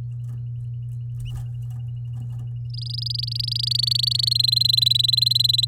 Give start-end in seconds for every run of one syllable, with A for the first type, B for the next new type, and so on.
2.70-4.34 A, 4.35-5.65 B